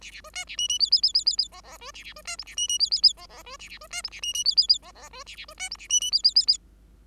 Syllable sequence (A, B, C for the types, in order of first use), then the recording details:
A A B C A D D E E E E E E F F B A A B C G A D D E E E F F B A A B C G A D D E E E F F B A A B C G A D D E E E E. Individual Bird5